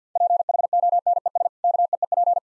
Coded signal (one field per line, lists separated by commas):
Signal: Morse code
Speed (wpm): 50 wpm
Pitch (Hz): 700 Hz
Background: none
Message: PHONES KEEP